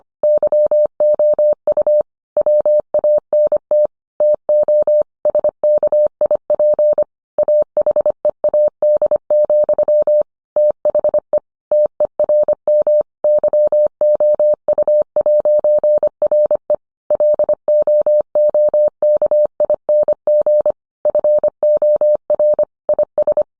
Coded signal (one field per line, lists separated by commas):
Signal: Morse code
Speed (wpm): 25 wpm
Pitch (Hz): 600 Hz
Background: none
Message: YOU WANT TO SKIP AHEAD, THE TERM YOU'RE LOOKING FOR IS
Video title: 20230730 Will the real inventor of Morse code please stand?